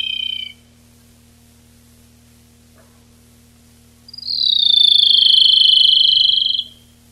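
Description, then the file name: Rufous-tailed robin song: a brief end of one trill, then after a pause a longer, rapid pulsed trill that slowly slides downward. Recorded 19–22 July 1991. "Lsibilans 3 19-22 07 91"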